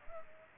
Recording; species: mosquito wingbeat signal from an infrared sensor; Culex pipiens